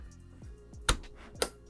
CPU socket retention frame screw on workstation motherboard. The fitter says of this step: we close number one you screw it down until you hear a click